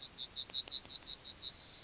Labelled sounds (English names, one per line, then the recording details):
Yellowhammer song
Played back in grassland
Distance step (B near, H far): B
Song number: 142